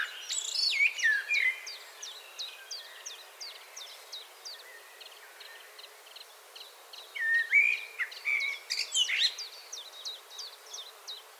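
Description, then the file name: Common blackbird singing two mellow whistled phrases with twittery endings, one at the start and one near the end, while another bird keeps up rapid high ticks. "Turdus merula 181122"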